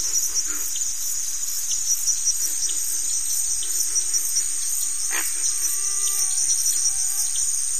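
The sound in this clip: High cricket trilling pulses along steadily while a thin whistled tone and a short sharp call rise from the background.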